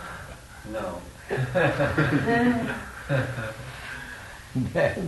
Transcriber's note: laughter